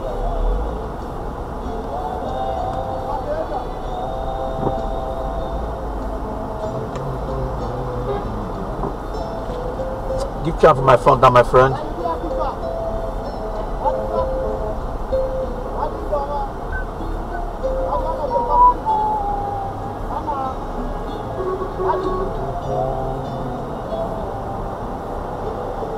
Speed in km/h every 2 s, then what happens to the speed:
3, 3, 5, 2, 5, 5, 5, 3, 3, 2, 2, 2, 0.
0-5 steady at about 3. 5-7 standing. 7-17 steady at about 5. 17-26 standing.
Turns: none.